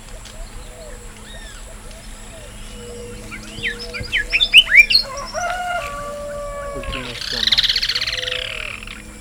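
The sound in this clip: Bird calling, with a burst of sharp, rapid chirps, then a harsh buzzy chatter near the end.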